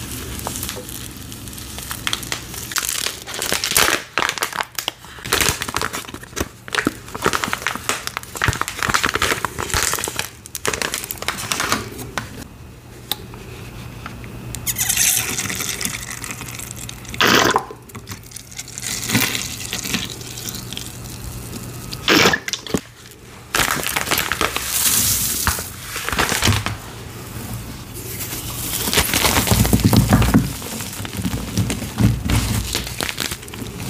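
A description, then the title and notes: Gym chalk soaked in baby oil is carved and crushed, giving a run of crisp, crumbly scrapes and wet crinkling with brief pauses between strokes. The sounds come in irregular bursts, louder and denser after about 25 seconds, over a faint low hum. Relaxing Carving + Crushing Gym Chalk w/ Gholibn ASMR Glitter Bomb. Relaxing carving gym chalk bomb filled with baby oil and Gholibn ASMR glitter.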